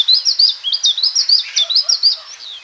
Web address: siberian chiffchaff song